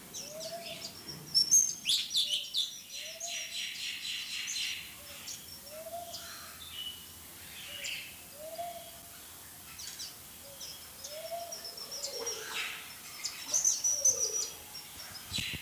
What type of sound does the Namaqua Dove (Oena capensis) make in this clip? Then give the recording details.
song. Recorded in captivity. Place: Zoo Berlin, Berlin, DE. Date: 2004-01-02 16:22. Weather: fair, -2°C. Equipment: Fair Mate ST-1328 (Asahi Electronics, Japan), Sennheiser ME 80, Kopie Uher 4000 Report Monitor. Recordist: Tembrock, Günter